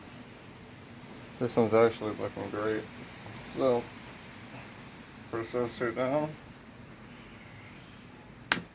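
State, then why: Seated. While reassembling a Keihin throttle body from a Kawasaki 1600 Nomad Classic motorcycle during cleaning and restoration, someone talks in bursts between about 1.4 and 6.3 seconds. A small part is then pressed down onto the assembly and gives one sharp, loud snap at 8.5 seconds, seating into place.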